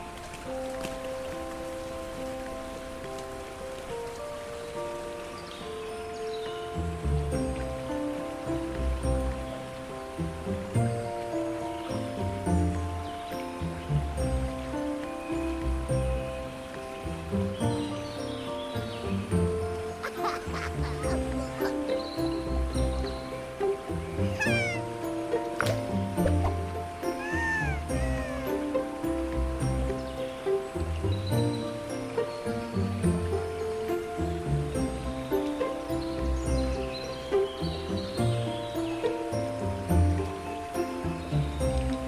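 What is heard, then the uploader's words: Gentle fantasy village music plays throughout, with a steady, repeating bass pattern and sustained chords layered above. A bouncy rhythm enters around five seconds and continues evenly. Occasional bright chirps and small rising calls, like birds or critters, appear near twenty to thirty seconds. Fantasy Mushroom Village Music & Ambience.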